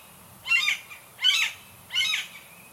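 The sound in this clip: Bird calling three times, each a brief rough, rasping squawk spaced under a second apart, with little else audible.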